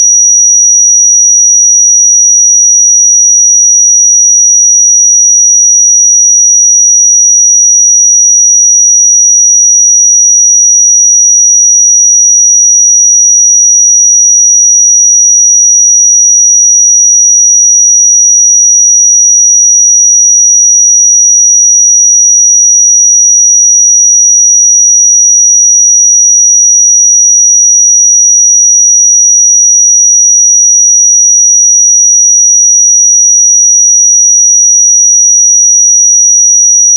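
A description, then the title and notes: A pure sine tone at 5796 Hz holds perfectly steady for the full 37 seconds. It is a single high, piercing pitch with no wavering, pauses or change in loudness, and nothing else sounds behind it. 5796 Hz 1 Hz Interval Sine Pure Tone Frequency 441000 Sample Mono.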